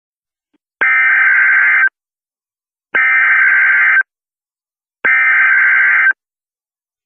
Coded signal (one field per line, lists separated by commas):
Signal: Emergency Alert System (SAME) tones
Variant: header bursts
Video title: EAS in Creepypasta: Suicide Mouse